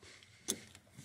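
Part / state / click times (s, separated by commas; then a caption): plastic wiring harness connector into accelerator pedal sensor socket / seated / 0.5 s. A plastic wiring harness connector from a Pedal Commander throttle controller is pushed into the original accelerator pedal sensor socket of a Mustang. Faint ticks come before and after a single loud, sharp click at 0.5 s, and a soft, longer rise follows near 1.05 s. The connector is seated.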